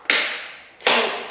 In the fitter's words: the bottom next to the bright back wheel you push it hard to lock it